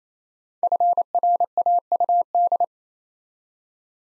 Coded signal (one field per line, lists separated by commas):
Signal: Morse code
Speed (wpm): 29 wpm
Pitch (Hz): 700 Hz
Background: none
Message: FRAUD